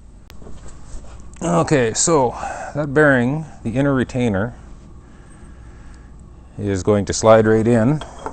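An inner bearing retainer is being slid into the new-style outer axle bearing housing of an ARGO Conquest amphibious ATV during an HDI bearing conversion. Someone talks over a low background, with a few brief sharp ticks near 0.3 s, 6.2 s and 8.3 s. Nothing has seated or clicked yet.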